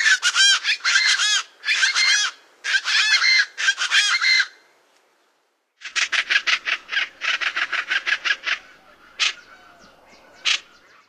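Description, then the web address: Plain Chachalaca raucous calls, harsh grating notes in rapid rhythmic bursts for a few seconds, a brief pause, then another run of chattering notes. North America. "Songs of Birds of North America Stokes. Plain Chachalaca"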